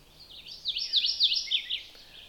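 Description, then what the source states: Mourning Warbler song, a loud phrase of rich slurred notes lasting about a second, over quiet background. Male apparently nesting along a brushy old road edge, heard on a morning walk; loud song rendered 'cheery cheery choy choy choy', this one a shorter version.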